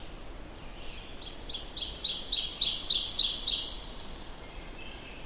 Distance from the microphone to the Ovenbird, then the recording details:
about 20 m. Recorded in boreal forest in Alberta, Canada, on 14 June 2016 at 07:42. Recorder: SongMeter 3, array SBT-3-33. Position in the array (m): 276 m, 267 m. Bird 22